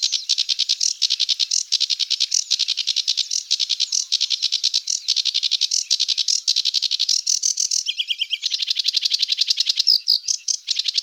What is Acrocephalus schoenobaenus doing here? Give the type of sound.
song